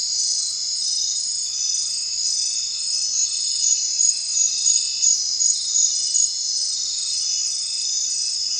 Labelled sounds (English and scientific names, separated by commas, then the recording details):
none
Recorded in secondary vegetation near Puerto Asís, Putumayo, Colombia, on 22 June 2025 at 21:00
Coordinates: 0.499, -76.323
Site G077